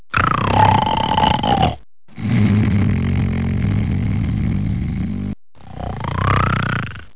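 Three loud, rough snoring bursts from an adult, separated by short pauses. The middle one is a long, steady low buzz, and the first and last carry a gliding whistle-like tone over the rattle. This is loud snoring from vibrating upper-airway tissue during sleep.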